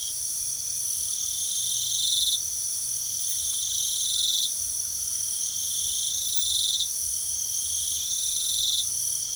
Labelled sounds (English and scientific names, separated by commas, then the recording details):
none
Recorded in pastures near Puerto Asís, Putumayo, Colombia, on 9 March 2025 at 02:00
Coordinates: 0.497, -76.327
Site G072